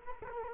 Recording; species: mosquito wingbeat signal from an infrared sensor; Culex quinquefasciatus